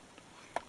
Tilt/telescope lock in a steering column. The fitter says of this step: locks in place unlocks